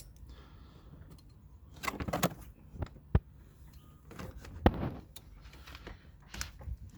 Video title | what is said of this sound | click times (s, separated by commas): Toyota Rav4 Headlight Bulb Replacement | it clicks and | 4.7 s